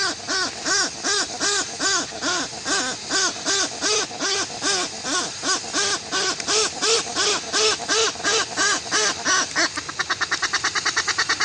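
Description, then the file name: Westland petrel song: a regular series of loud, nasal braying notes, ending in a rapid stuttering rattle. "westland black petrel song"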